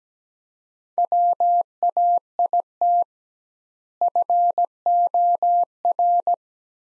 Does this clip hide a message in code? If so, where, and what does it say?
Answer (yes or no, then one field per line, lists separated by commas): yes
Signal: Morse code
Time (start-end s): 1.0-6.3 s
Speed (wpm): 17 wpm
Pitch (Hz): 700 Hz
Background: none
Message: WAIT FOR